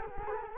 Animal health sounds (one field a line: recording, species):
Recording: mosquito wingbeat signal from an infrared sensor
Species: Culex quinquefasciatus